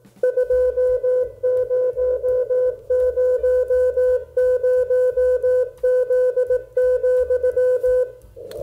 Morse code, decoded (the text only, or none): 2000Z,